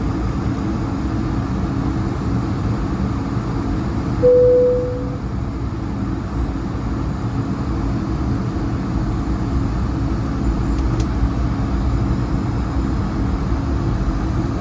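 A steady, dense engine roar fills an airliner cabin, heavy in the low end with a constant hiss above. Around four seconds a short chime tone sounds, and near eleven seconds there is a brief faint click.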